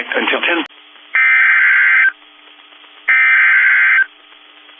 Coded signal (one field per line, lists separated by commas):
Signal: Emergency Alert System (SAME) tones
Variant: header bursts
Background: speech